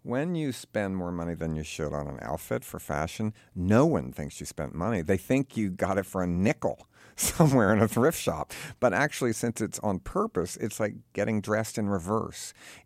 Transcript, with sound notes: When you spend more money than you should on an outfit for fashion, no one thinks you spent money. They think you got it for a nickel (laughter) somewhere in a thrift shop. But actually, since it's on purpose, it's like getting dressed in reverse.